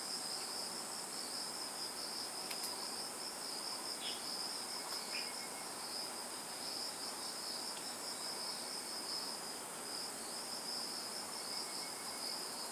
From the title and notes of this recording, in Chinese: 鳥鳴、昆蟲、車輛。地點：佛光大學。設備：Tascam DR-40x。連日的梅雨暫歇，清晨窗外鳥鳴啁啾。